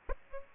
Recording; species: mosquito wingbeat signal from an infrared sensor; Aedes aegypti